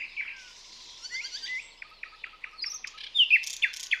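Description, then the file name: Common nightingale song, a fast varied phrase: scratchy notes, then a rapid series of repeated sharp clicks, ending in loud rich whistles and harsh buzzy notes. "Luscinia megarhynchos"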